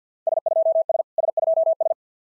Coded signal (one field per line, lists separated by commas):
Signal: Morse code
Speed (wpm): 48 wpm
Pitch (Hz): 660 Hz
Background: none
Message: S2S S2S